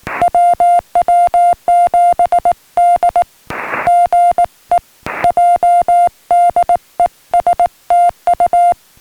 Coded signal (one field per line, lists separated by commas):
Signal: Morse code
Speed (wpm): 18 wpm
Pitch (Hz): 690 Hz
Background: music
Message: WW7D GE JD ES TU